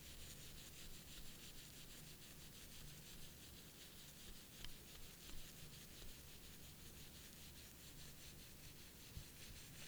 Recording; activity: daily activity, guitar pickup as the sensor; brush teeth